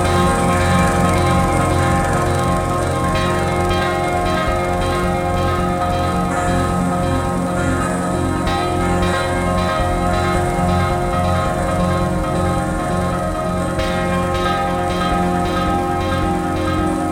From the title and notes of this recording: A little rain with bells with drums by WooliebuGGer.